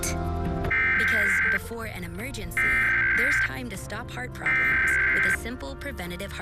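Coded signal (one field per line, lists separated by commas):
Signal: Emergency Alert System (SAME) tones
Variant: header bursts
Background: speech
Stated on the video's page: National Periodic Test of the EAS as aired by local TV stations.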